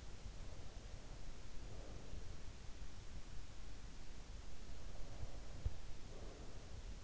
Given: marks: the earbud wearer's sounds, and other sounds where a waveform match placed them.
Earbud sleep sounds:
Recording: sounds in sleep by an in-ear microphone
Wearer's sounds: breath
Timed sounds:
0.58-2.55 s: breath
4.49-7.04 s: breath

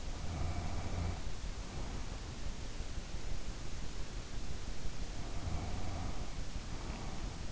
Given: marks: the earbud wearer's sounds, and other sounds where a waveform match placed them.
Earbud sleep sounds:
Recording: sounds in sleep by an in-ear microphone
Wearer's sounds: snoring breath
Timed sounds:
0.10-2.25 s: snoring breath
5.10-7.52 s: snoring breath

